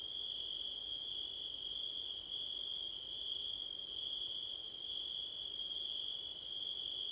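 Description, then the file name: Crickets in a steady high continuous trill, with a second shimmering band higher up pulsing in short gaps, over a soft background hiss. Windy September night; Blumlein stereo pair. "crickets wind september night"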